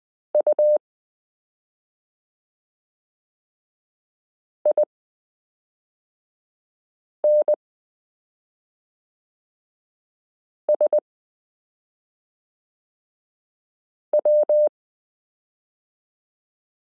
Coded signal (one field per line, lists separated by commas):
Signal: Morse code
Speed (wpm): 20 wpm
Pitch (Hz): 600 Hz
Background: none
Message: UINSW